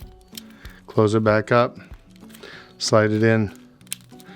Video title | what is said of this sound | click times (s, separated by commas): How to Change Internal, External Staples on Kyocera 306ci-508ci - Empty Hole Punch | clicks into place | 3.9 s